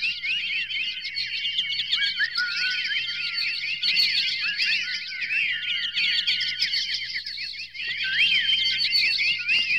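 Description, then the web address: Bird chorus, many overlapping chirps, trills and short whistles from several singers, steady and busy over a low background hum. Many birds singing outdoors in a country residential area, general ambience. "birds various general ambience outdoors many birds animal country residential"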